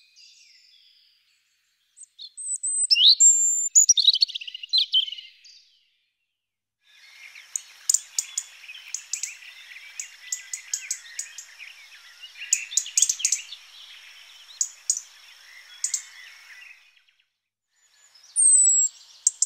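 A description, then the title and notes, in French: A robin sings in high, thin, bright phrases, with a fluting burst early on and a long, busy run of rapid twittering notes and sharp ticks in the middle. Pauses separate the phrases, and a short high trill closes the recording. ROUGE-GORGE.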